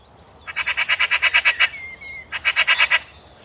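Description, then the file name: Eurasian magpie giving loud, harsh rattling chatter in two bursts of rapid, evenly spaced notes, with a thin whistle between them. "Pica pica"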